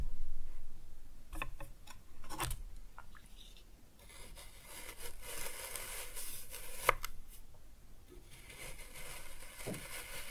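Kinetic sand is cut and scooped in a soft, crumbly texture with short scraping strokes. Sharp slices land near 1.5 and 2.5 seconds, then a denser grainy rustle fills the middle and end, with a crisp click around 7 seconds.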